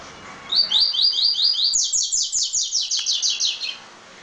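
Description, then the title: Double-collared seedeater song: a rapid series of buzzy notes, first a lower repeated phrase, then a higher one. "Canto Coleiro"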